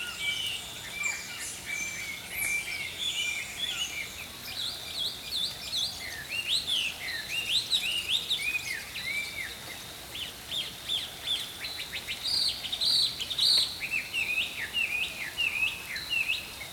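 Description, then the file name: Songbird chorus of bright chirps and rising and falling whistled phrases, many birds overlapping continuously over a faint hiss. Songbirds singing in the early morning. "Healing Power Natural Sounds Oasis - Early Morning Songbirds"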